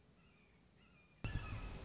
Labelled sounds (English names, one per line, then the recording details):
Red-shouldered Hawk
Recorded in Sonoma County, California